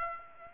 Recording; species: mosquito wingbeat signal from an infrared sensor; Aedes aegypti